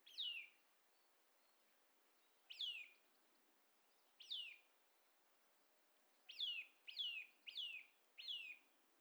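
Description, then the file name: Eurasian nuthatch with sharp down-slurred call notes, first spaced widely every couple of seconds, then four quicker ones in a tight run near the end. "Sitta europaea"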